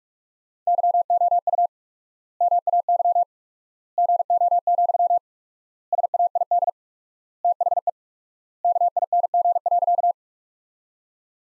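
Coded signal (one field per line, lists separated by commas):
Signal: Morse code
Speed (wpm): 42 wpm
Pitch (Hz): 700 Hz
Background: none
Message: YOU MAY GO, SAID THE KING.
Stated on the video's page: Computer-generated Morse sentence-copying practice from the top 400 words at 45 wpm with 4x standard word spacing, a word-based Farnsworth-like method.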